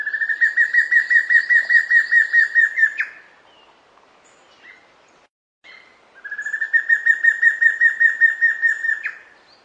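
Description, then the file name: Giant antshrike singing a fast, steady rattle of repeated notes lasting about three seconds, closing with an abrupt higher note; a second rattle follows after a quiet gap of about three seconds. "Canto do matracao"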